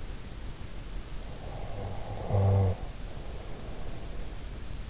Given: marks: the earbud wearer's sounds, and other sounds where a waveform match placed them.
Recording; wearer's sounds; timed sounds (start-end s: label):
sounds in sleep by an in-ear microphone; snoring breath
1.36-4.21 s: snoring breath